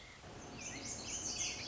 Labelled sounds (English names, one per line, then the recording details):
Lazuli Bunting
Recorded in Sonoma County, California